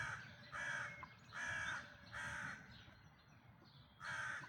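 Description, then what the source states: Bird giving four hoarse, grating caws, the first three close together and the last after a longer pause, with low rumble beneath. Recorded during a dawn chorus in May 2026.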